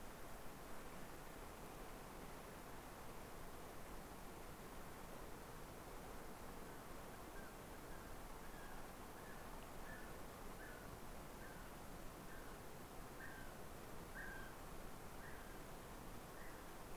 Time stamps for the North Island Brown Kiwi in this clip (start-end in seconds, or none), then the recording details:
6.58-16.97. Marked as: faintness 3/5. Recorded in New Zealand on 3 November 2013. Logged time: 01:58. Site CV71